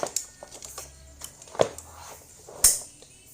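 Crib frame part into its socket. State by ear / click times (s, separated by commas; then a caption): seated / 2.6 s. A frame part of a Baby Hug 4 in 1 baby crib/high chair is pushed into its socket on both sides during assembly. A few faint taps and knocks come first, then a sharp, bright click at 2.6 s as the part locks into place.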